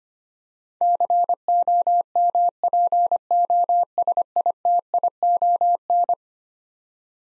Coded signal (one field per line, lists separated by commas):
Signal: Morse code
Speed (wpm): 25 wpm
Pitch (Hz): 700 Hz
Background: none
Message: COMPOSITION